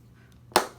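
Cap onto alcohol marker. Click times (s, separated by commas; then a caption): 0.6 s. A plastic cap is pressed firmly onto an alcohol marker until it snaps shut. After a quiet stretch with a low steady hum, a single sharp, bright snap rings out at 0.6 s and quickly fades. The cap is seated.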